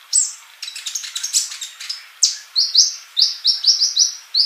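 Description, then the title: Bird song with a rush of high chirps, then a series of quick whistled notes repeated in close succession. "Kicau Burung"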